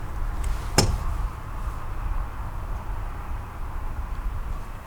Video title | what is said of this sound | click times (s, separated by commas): Chill vs. Standard Mode in Winter, Tesla Model 3 SR+ | i hear the click | 0.8 s